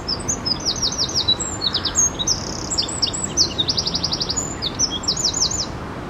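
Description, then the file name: Eurasian wren singing a long, fast outpouring of high ticking notes and quick rattling trills, with barely a pause, over a constant low hiss. "Troglodytes troglodytes"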